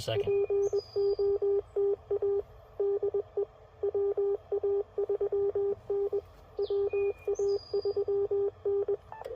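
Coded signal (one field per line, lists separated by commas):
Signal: Morse code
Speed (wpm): 20 wpm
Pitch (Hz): 400 Hz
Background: speech, radio noise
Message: POTA DE WA3N WA3N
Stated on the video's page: Morse from a park activation at a rare park, using FT-857, Putikeeg key and JPC-7 dipole.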